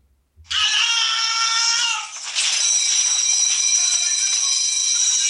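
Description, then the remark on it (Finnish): A loud, harsh wake-up alarm that wakes someone every morning blares continuously, a dense stack of shrill electronic tones with a brief dip in the middle before resuming at full strength. No one speaks. “Pahoittelen tällä hetkellä kaikkien korvia. No, tuo herättää minut joka aamu.”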